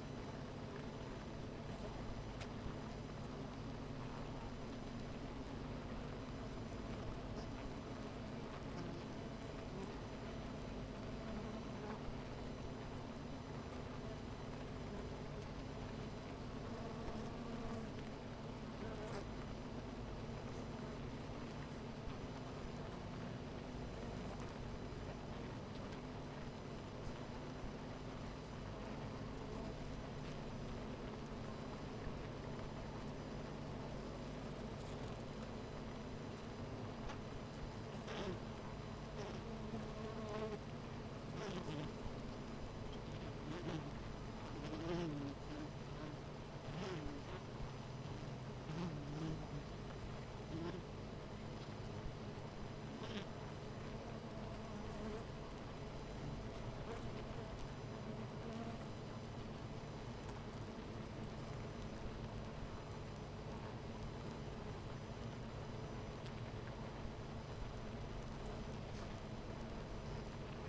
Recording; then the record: honeybee colony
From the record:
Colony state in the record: missing queen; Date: 14 July 2017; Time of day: 10:03